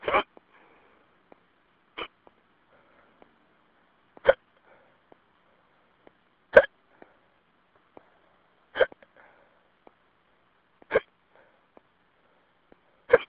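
Seven sharp, abrupt gulping sounds come at a steady pace of roughly one every two seconds, about 27 a minute, over a faint phone-line hiss. These are repeated hiccups in an adult, involuntary diaphragm spasms each cut off by sudden closure of the vocal cords.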